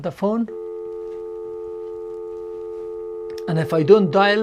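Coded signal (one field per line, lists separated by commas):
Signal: telephone call progress tone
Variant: North America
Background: speech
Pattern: dial tone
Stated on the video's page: Call progress tone from a Panasonic DECT 6.0 KX-TG175C cordless answering system phone.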